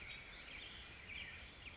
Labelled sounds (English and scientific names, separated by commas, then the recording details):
California Towhee (Melozone crissalis)
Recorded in Sonoma County, California